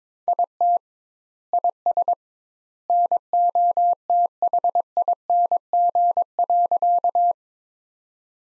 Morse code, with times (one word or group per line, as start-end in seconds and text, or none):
0.3-0.8 IT
1.5-2.1 IS
2.9-7.3 NOTHING.